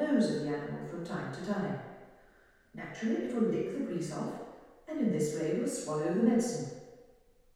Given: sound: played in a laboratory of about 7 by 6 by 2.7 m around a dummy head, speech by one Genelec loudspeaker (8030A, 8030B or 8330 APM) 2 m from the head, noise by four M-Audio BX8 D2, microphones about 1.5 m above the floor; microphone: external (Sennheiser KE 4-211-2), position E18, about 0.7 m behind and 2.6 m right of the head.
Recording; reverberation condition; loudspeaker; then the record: female speech in English; high; 30 degrees to the left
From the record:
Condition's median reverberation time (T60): about 1300 ms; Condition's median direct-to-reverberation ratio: about -4.0 dB